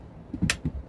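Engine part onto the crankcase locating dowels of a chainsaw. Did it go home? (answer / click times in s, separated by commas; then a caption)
yes / 0.5 s. During reassembly of an 025 chainsaw engine, a part is pressed down onto the locating dowels in the crankcase. A soft knock at 0.3 s leads into a sharp, bright snap at 0.5 s, followed by another soft knock at 0.7 s. The part snaps into place over the dowels and is seated.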